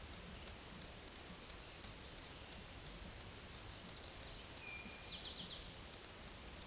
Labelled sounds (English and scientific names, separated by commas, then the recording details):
Eastern Towhee (Pipilo erythrophthalmus) song
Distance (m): 70 m
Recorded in a Pennsylvania forest on 17 May 2023 at 13:14
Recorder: AudioMoth, point grid1_35_low
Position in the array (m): 119 m, 84 m